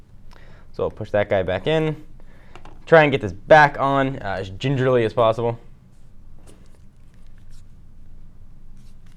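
Someone talks while a leather-clad battery back cover is carefully lined up and fitted back onto the body of a BlackBerry Porsche Design P'9881 smartphone, right after its memory card is pushed back in. After the talking stops, a few faint, brief taps and handling noises follow around 6.7–7.4 s and near 9.1 s. The cover has not snapped into place yet.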